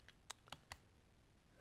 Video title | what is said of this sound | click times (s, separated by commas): Entretient du Sniper d'Empire Paintball | Ça, on entend le clic. | 0.3 s